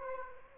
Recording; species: mosquito wingbeat signal from an infrared sensor; Aedes aegypti